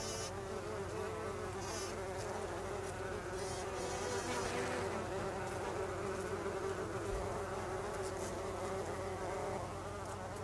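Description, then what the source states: Bumblebee buzzing steadily throughout, a low harmonic drone with constant low hum beneath. Recorded 26 August 2012; Icelandic name hunangsflugur, plural.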